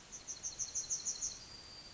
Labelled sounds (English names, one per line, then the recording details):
Yellowhammer song
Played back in forest
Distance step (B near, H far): E
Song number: 037